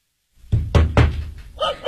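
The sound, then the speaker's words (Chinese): Three firm, evenly spaced knocks on a door, heavy and thudding, come after a moment of silence, followed by a brief, softer tonal sound. Police detectives from unit 803 are knocking at the door. “谁呀、啊？谁呀、啊？ 开开门！”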